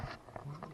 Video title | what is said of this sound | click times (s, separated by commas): The Joe Dunnrite Show: Watch as Joe continues the quest to solve the Geo Tracker overheating problem | feel it kind of snap there you go you even heard it snapped into place so that's good | 0.4 s, 0.6 s